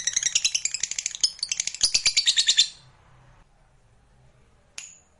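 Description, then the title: Lovebird chattering song, a rapid run of high, shrill chirps for about three seconds, then near silence broken by one sharp squeak. Lovebird song used to stimulate a lazy lovebird into singing spontaneously and at length. "LOVEBIRD Malas Bunyi JADI GREGET SPONTAN Langsung NARIK"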